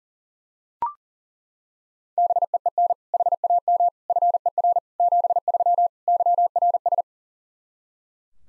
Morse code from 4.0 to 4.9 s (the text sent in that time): FER